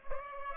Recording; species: mosquito wingbeat signal from an infrared sensor; Culex pipiens